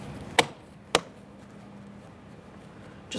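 The window switch bezel on a 2015–2020 Ford F-150 front door is pressed into the door panel, its locking tabs snapping in with two sharp clicks at 0.4 s and 1.0 s. It is then checked and found secure, and another short noise is heard at the very end.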